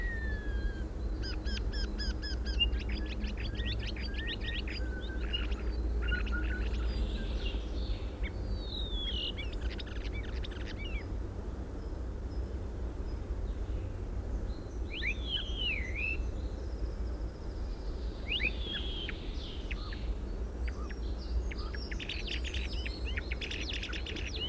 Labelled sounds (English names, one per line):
European Starling